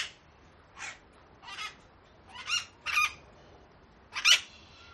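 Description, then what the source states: Parakeet calls: five or six short, grating squawks at irregular intervals over a faint hiss. Several parakeets, described as angry; sound-effect loop.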